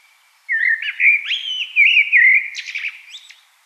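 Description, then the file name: Common blackbird song, a single sweet, rolling warble of fluted notes ending in a burst of thin, squeaky chatter. "Turdus merula"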